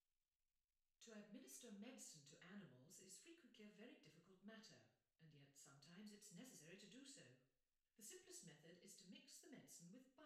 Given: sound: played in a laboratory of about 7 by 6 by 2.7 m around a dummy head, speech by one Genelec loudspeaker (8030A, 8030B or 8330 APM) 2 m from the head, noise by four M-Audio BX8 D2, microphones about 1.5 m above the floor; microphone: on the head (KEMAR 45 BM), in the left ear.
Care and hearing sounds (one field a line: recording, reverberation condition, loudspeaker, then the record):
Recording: female speech in English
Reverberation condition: medium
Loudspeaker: 30 degrees to the right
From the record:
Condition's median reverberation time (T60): about 510 ms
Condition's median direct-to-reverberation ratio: about -0.5 dB